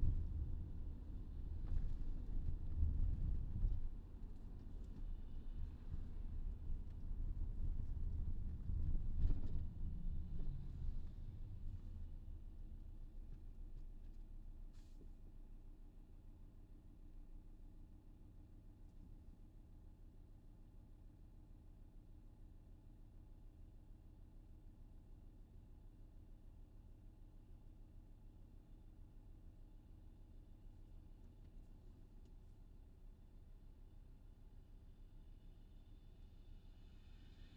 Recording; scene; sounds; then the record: everyday scene through a hearing-aid microphone; in a vehicle; engine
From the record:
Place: VW T5 Caravelle, diesel engine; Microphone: in the ear canal, left